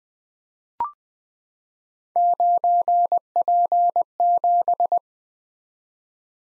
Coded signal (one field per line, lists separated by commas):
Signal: Morse code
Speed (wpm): 20 wpm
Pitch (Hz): 700 Hz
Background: none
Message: 9P7